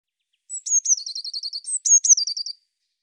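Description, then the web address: Bird song: two high phrases, each a thin whistled opening note followed by a fast, slightly descending trill, in silence. "cianscape birddata Deverinetal 2025 File cleaned normalized Bird Cy Ca"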